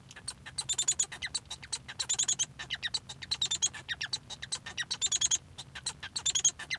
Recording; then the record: song of a male Bengalese finch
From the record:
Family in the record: son of father 1